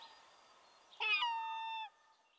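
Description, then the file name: Herring gull giving a single long, nasal mewing wail with a harsh start, holding steady and then stopping abruptly. "dan gibsons solitudes herring gull"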